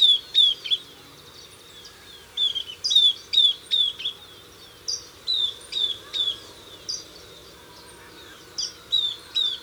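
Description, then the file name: Southern beardless tyrannulet giving clear high downward-slurred notes in short rapid series, pausing briefly between groups, against a soft steady background. "Camptostoma obsoletum - Southern Beardless Tyrannulet"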